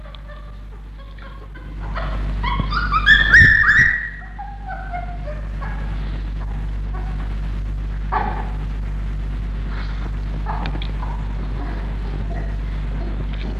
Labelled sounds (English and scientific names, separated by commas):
Chimpanzee (Pan troglodytes)